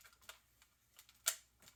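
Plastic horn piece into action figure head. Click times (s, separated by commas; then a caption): 1.3 s. A plastic horn piece is pushed onto the head of a large Galactus action figure, with faint plastic ticks around 0.3, 0.6, 1.0, 1.1 and 1.7 seconds. At 1.3 s a sharper, louder click sounds as the horn clicks right in. It is not a hard click, but a nice, satisfying one.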